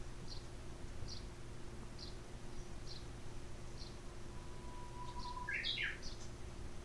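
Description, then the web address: Japanese bush warbler song: a long steady low whistle swelling into a quick, rich warbled flourish, with faint high chips repeating about once a second underneath and a soft background hum. "lovepostpet uguisu"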